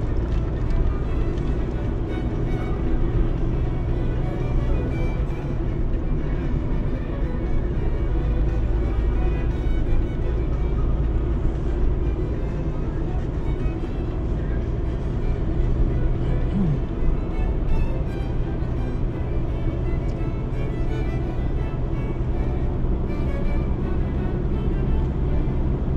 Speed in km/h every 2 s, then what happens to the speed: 63, 65, 62, 57, 58, 60, 63, 65, 64, 67, 69, 72, 76.
3-5 brakes to 57. 9-26 speeds up to 76.